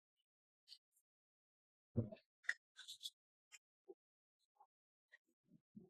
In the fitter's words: just push down until it snap